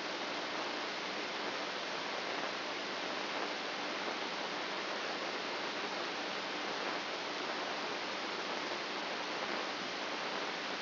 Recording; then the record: brain microelectrode recording played as sound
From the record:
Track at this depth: outside the subthalamic nucleus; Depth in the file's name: 8.828 mm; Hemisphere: left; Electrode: 3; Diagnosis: Parkinson's disease